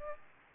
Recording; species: mosquito wingbeat signal from an infrared sensor; Aedes aegypti